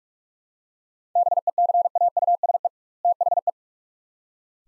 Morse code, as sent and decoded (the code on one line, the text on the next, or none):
-... . -.-. .- ..- ... . / - .... .
BECAUSE THE